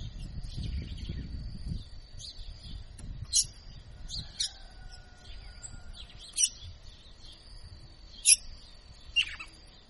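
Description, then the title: Red-cowled cardinal giving loud, clipped high notes and a falling slur in scattered bursts, against a steady high-pitched hum and some low rumbling noise. Female bird; tutor ("professor") bird singing in the "açoitando" style. "Canto Galo Campina Fêmea. Galo de Campina Professor Açoitando"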